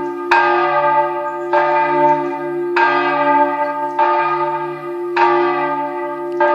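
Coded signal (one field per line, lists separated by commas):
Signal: bell signal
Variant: swinging bell (distesa)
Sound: a single church bell swinging, striking about every 1.2 seconds, six strikes heard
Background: low steady motor hum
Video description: h. 12:00: segnale orario sulla mezzana Re3 e distesa della mezzana.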